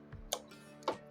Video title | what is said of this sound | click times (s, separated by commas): ซ่อมเครื่องซักผ้าLG เครื่องค้างไม่ทำงาน น้ำล้นถัง ขึ้นเออเร่อ1E สาเหตุคือเซนเซอร์ตัววัดระดับน้ำเสีย | นะครับเสียบสุดแล้วทีนี้ก็ดันลงนะครับมันจะเป็นล็อคของมันนะจัดตำแหน่งนะครับ | 0.3 s